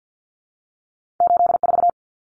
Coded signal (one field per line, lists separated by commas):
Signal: Morse code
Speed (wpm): 48 wpm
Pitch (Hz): 700 Hz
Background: none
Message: 84